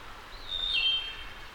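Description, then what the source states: Wood thrush song phrase: one clear flutey whistle stepping downward, against steady background noise. Labelled as a return.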